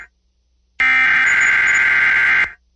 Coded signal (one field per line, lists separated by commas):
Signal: Emergency Alert System (SAME) tones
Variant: header bursts